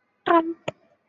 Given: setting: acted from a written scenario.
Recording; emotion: vocal sound without words; triumph